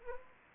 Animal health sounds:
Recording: mosquito wingbeat signal from an infrared sensor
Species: Anopheles arabiensis

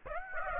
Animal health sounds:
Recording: mosquito wingbeat signal from an infrared sensor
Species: Aedes aegypti

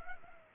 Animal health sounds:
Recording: mosquito wingbeat signal from an infrared sensor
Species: Culex pipiens

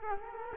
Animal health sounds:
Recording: mosquito wingbeat signal from an infrared sensor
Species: Culex quinquefasciatus

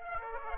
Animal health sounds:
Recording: mosquito wingbeat signal from an infrared sensor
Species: Aedes aegypti

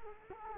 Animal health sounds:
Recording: mosquito wingbeat signal from an infrared sensor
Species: Culex quinquefasciatus

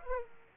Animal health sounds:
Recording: mosquito wingbeat signal from an infrared sensor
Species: Aedes aegypti

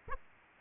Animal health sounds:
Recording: mosquito wingbeat signal from an infrared sensor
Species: Aedes aegypti

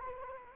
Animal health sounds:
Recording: mosquito wingbeat signal from an infrared sensor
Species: Culex quinquefasciatus

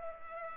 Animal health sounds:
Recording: mosquito wingbeat signal from an infrared sensor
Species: Culex pipiens

